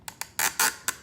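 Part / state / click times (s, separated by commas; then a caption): plastic zip tie tail into its own ratchet head / seated / 0.1 s, 0.2 s, 0.4 s, 0.6 s, 0.9 s. An 8-inch plastic zip tie, turned around and re-inserted, has its tail pulled through its own ratchet head. The ratchet pawl clicks at 0.1, 0.2, 0.4, 0.6 and 0.9 seconds, with the later clicks louder and more sustained. The clicks confirm the tie is seated the right way.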